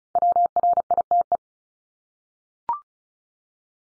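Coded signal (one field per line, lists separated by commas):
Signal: Morse code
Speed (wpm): 36 wpm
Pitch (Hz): 700 Hz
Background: none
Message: WRITE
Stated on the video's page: Morse head-copy practice set of multi-letter phonemes at 35 wpm.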